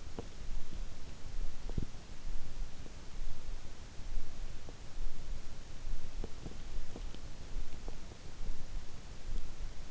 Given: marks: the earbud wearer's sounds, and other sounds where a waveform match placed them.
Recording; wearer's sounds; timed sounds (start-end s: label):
sounds in sleep by an in-ear microphone; teeth grinding
0.00-0.48 s: teeth grinding
5.92-8.33 s: teeth grinding